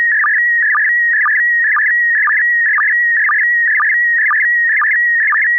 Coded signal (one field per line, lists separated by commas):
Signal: SSTV (slow-scan television)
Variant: PD 120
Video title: N6NA SSTV Net - 04/09/2025